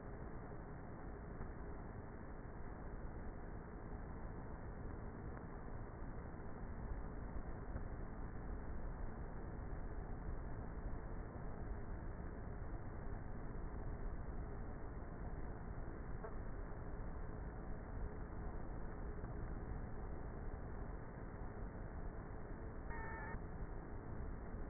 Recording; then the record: honeybee colony, microphone inside the hive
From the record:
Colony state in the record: queenless with a low population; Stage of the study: before two queens were removed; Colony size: about 30,000 bees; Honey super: no